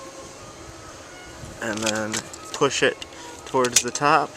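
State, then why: Not seated. A fuel surge tank is lined up at the bottom of its mounting bracket on a ProCross snowmobile, ready to be pushed home. Someone talks over a quiet background with no sharp hits. Nothing has snapped or seated yet.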